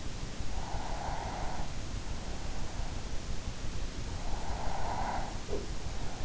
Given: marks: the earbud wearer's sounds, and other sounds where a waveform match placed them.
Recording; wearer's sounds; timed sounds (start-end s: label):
sounds in sleep by an in-ear microphone; breath
0.36-1.79 s: breath
4.19-5.50 s: breath